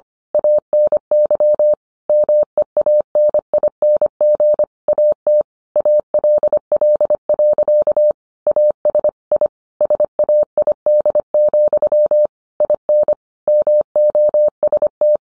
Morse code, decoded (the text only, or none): ANY MEANING AT ALL. AS I SAID, IN MOST